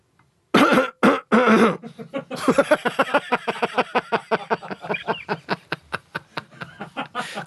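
Three harsh, throaty coughs come first, followed by a long run of short, voiced cough-like bursts at about four per second in a steady musical rhythm. This is a deliberate, playful imitation of coughing or throat-clearing, not a natural cough.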